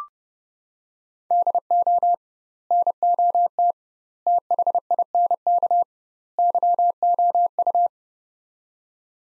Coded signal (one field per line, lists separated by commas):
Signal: Morse code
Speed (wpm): 32 wpm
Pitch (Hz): 700 Hz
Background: none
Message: DO NOT THINK YOU